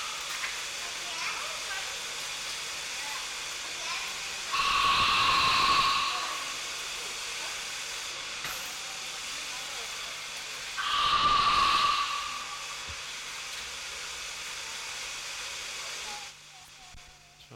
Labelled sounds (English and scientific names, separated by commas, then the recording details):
South American Sea Lion (Otaria flavescens) call
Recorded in captivity
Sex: female
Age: adult
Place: Münchner Tierpark Hellabrunn, Bayern, DE
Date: 1993-09-20
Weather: 19 °C, heiter
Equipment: Marantz CP 430, Sennheiser MKH 416 T, Kopie Uher Variocord 263
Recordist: Tembrock, Günter